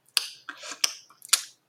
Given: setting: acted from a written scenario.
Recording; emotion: vocal sound without words; desire